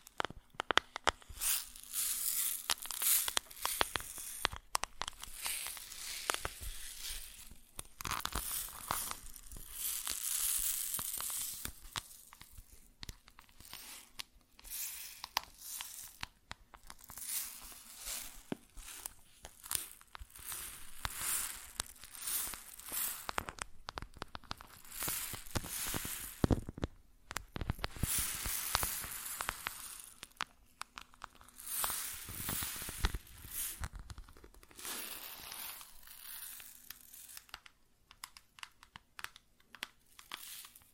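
Grains are poured, shaken and rubbed in a dense, crackling rustle that runs the whole time. Bright, gritty bursts rise and fall unevenly, with louder swells around 10, 25 and 38 seconds and brief quieter gaps between handfuls.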